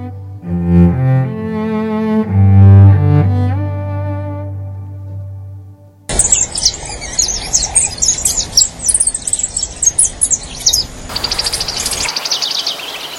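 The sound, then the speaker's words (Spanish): Low, sustained harmonic tones give way to a busy stretch of shiny cowbird calls: rapid, high, liquid chirps and whistles tumbling over one another for several seconds. “Tordas renegridas nos llamamos. Tenemos un caminar divertido, medio pingüinesco.”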